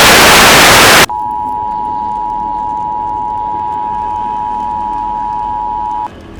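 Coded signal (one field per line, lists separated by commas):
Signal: Emergency Alert System (SAME) tones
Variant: 853 and 960 Hz attention tone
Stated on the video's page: Fictional EAS scenario, not a real alert.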